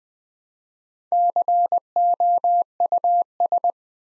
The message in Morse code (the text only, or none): COUS